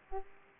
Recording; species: mosquito wingbeat signal from an infrared sensor; Aedes aegypti